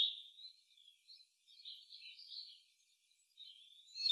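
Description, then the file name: European robin song: soft high whistles and a warbling run in the middle, a short silence, then a thin note to close. "Erithacus rubecula"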